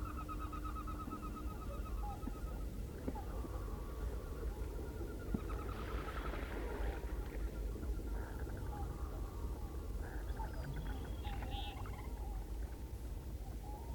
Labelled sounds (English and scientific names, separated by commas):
Whooper Swan (Cygnus cygnus) call